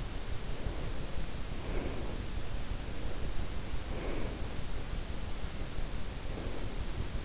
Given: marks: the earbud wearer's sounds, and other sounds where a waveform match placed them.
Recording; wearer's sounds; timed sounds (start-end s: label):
sounds in sleep by an in-ear microphone; breath
0.32-2.38 s: breath
3.04-4.71 s: breath
5.27-6.94 s: breath